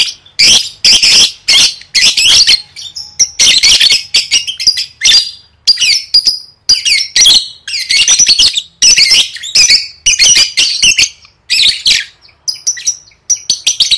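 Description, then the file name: Lovebird chattering constantly with shrill, scratchy squawks and clipped notes, delivered in uneven bursts over the whole stretch. "tieng vet mau don"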